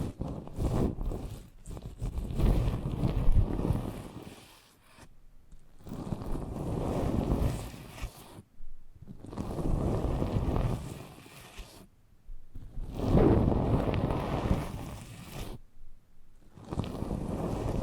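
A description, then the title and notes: Muffled ear-massage rubbing against the microphone rumbles in long, low, dense strokes, broken by brief near-silent pauses every three to four seconds. ASMR Intimate Eardrum Massage for Sleep (No Talking).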